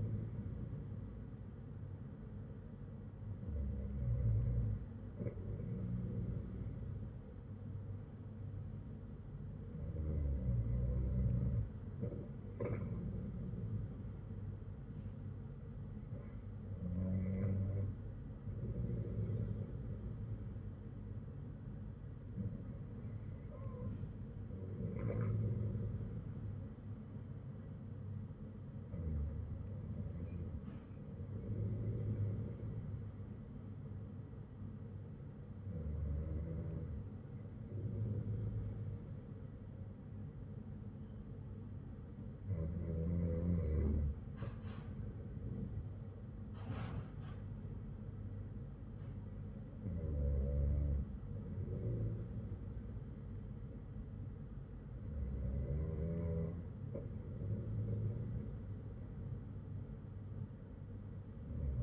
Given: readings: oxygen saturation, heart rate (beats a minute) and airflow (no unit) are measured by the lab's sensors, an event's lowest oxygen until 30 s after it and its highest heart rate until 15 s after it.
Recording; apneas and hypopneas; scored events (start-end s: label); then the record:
breathing in sleep by a smartphone at the bedside; none
none scored
From the record:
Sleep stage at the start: N2 (light sleep); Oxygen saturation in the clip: 96 to 97%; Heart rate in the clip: 54 to 58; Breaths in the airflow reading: 9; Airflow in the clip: -7.2 to 5.3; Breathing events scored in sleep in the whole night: 182 in 7.4 hours asleep